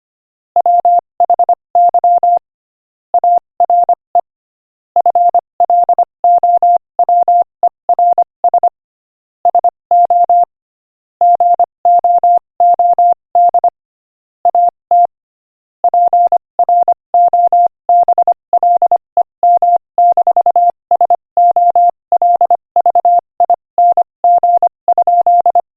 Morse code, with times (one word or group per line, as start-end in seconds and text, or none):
0.6-2.4 WHY
3.1-4.2 ARE
5.0-8.7 FLOWERS
9.5-10.4 SO
11.2-13.7 GOOD
14.5-15.1 AT
15.8-25.6 PROBLEM-SOLVING?